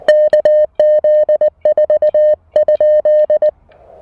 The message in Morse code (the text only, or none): KZ4?